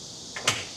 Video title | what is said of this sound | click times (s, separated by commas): 아우디 A6 세단 견인장치와 자전거캐리어 / 툴레 에포스3 + 브링크 bmu 유럽식 토우바 | 딸깍 이렇게 소리를 확인하고 반드시 손을 한번 살짝 당겨서 | 0.5 s